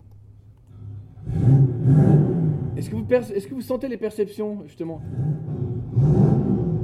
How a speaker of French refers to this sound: Là, on est loin derrière la voiture au niveau du pot d'échappement, mais à quoi, 8 mètres? Là, on est vraiment présent sur la voiture pour qu'on ait un gros son un peu ronflant et beau, quoi.